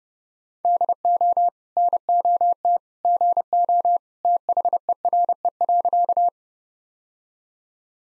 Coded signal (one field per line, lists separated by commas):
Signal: Morse code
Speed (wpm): 32 wpm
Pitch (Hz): 700 Hz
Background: none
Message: DO NOT GO THERE.